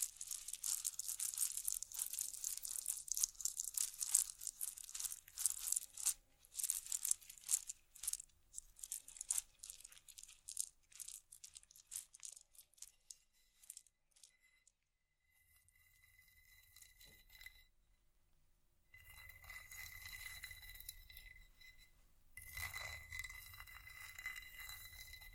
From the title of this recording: vinyl,wood,tapping,scratchig,chain,glass,etc